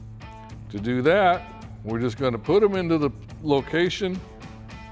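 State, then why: Not seated. A threaded spring clip is being placed into its mounting hole on the plastic upper replacement grille of a 2014-2015 Silverado 1500 while someone talks, with music playing underneath. The clip has not been pressed down, and nothing has seated or clicked yet.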